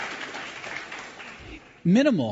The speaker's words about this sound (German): You can give me an applause for that. Thank you. Dankeschön. Thank you. Dankeschön. Yeah, Applaus.